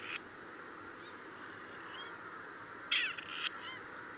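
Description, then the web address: Grey partridge producing a short, scratchy grating call near the end, after a brief one at the very start, with soft chirps and low hiss in the background. "chant xeno-canto perdrix grise"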